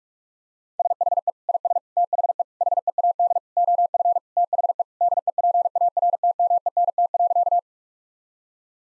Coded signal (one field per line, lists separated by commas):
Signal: Morse code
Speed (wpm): 45 wpm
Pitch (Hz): 700 Hz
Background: none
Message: SHE IS THE HEAD OF THE DEPARTMENT.